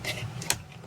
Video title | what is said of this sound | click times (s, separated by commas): Tesla Model 3 et Y : Envie d'un café chaud ou d'une boisson fraiche ? | hop we hear that it clips it's inside so I go back up like that I | 0.5 s